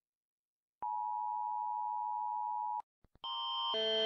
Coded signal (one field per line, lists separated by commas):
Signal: Emergency Alert System (SAME) tones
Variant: 853 and 960 Hz attention tone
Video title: Rating EAS Alerts// (TW, LOUD NOISES)